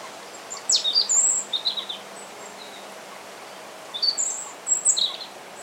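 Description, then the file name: European robin song, two bursts of high, thin warbling with quick pitch jumps, separated by a pause, over a steady hiss and a faint low hum. "Erithacus rubecula"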